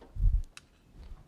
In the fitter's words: you just click it into place, and it clicks right in.